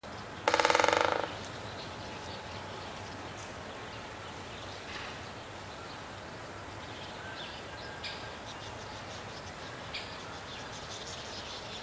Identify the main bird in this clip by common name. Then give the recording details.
Great Spotted Woodpecker. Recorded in the wild. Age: adult. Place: Tierpark Berlin, Berlin, DE. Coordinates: 52.5, 13.53. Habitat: park. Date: 1983-12-24 12:30. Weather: sonnig-wolkig, 1-3°C, windstill. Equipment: Nagra SN, Sennheiser MKH 416 T, Kopie Uher 4000 Report Monitor. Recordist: Tembrock, Günter. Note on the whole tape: Trommeln, auf Eiche